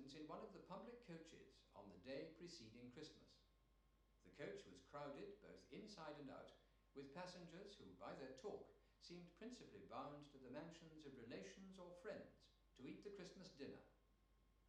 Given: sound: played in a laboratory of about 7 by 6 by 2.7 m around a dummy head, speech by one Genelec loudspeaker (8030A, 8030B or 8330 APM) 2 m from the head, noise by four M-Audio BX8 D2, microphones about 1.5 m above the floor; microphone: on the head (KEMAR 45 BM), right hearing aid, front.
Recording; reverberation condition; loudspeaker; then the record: male speech in English; medium; 150 degrees to the right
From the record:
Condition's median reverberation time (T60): about 510 ms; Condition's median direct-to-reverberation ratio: about -0.5 dB